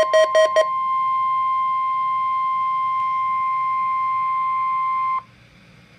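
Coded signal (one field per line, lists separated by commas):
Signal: Emergency Alert System (SAME) tones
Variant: 1050 Hz attention tone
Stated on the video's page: Required Weekly Test recorded with an iPhone 5S.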